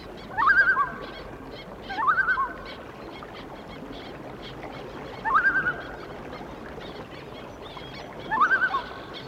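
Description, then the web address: Loon call: four separate rising, quavering tremolo phrases, each starting with an upward sweep then wobbling, spaced irregularly a few seconds apart over faint hiss. "A Természet hangjai - Madárdal Sounds of Nature - Cry of the Loon"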